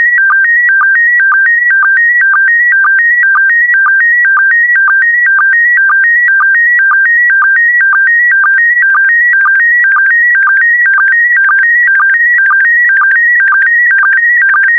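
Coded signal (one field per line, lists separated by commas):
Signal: SSTV (slow-scan television)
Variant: PD120 mode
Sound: steady warbling tone stepping up and down, short low blips twice a second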